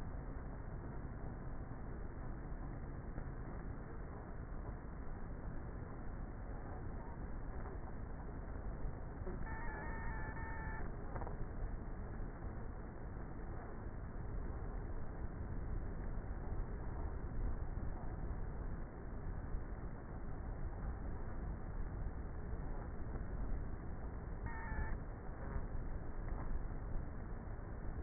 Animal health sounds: honeybee colony, microphone inside the hive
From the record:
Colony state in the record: queenless with a low population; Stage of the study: before two queens were removed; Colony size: about 30,000 bees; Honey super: no

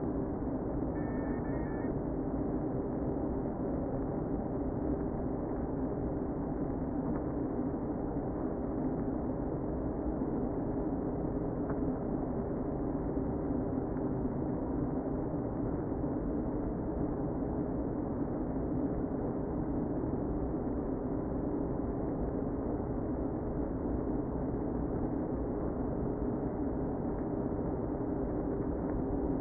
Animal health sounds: honeybee colony, microphone inside the hive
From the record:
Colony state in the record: queen present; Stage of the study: before two queens were removed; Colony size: about 60,000 bees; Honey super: yes

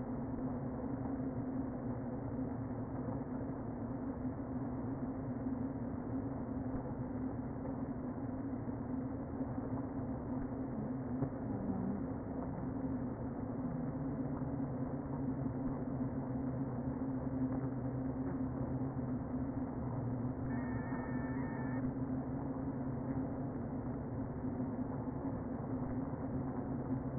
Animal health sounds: honeybee colony, microphone inside the hive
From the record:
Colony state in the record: queen present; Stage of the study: before two queens were removed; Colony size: about 60,000 bees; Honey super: yes

